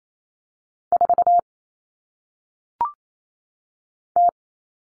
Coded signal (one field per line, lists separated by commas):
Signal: Morse code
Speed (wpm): 28 wpm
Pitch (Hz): 700 Hz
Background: none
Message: 4 T